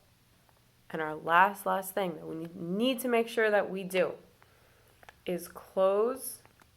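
Someone handles the zip-lock seal of a small plastic seed bag, pressing it to close it while a person talks. A few faint, short ticks sound in the pauses between speech. The seal has not locked or clicked yet.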